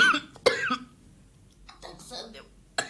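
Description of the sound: An adult woman gives two short, sharp coughs between soft speech sounds, a brief interruption of talking.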